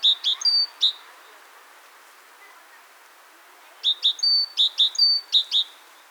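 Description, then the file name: Great tit song: high phrases of two short notes and a longer level whistle, repeated in two bursts separated by a few seconds of quiet. "Parus major"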